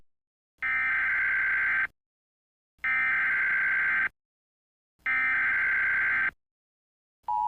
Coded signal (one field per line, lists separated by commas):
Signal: Emergency Alert System (SAME) tones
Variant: header bursts